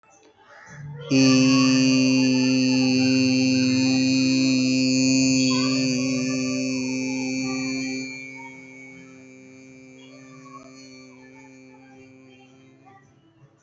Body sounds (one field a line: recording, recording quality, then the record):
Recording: sustained vowel as in beet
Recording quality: excellent, no background noise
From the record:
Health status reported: healthy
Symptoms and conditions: none ticked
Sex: male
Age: 26 years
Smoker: not ticked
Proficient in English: yes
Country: India